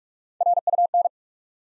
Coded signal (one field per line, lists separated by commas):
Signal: Morse code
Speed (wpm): 44 wpm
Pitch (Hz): 700 Hz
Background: none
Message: RUN